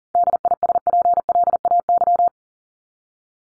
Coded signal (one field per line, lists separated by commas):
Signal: Morse code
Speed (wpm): 40 wpm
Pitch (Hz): 700 Hz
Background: none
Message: DISPLAY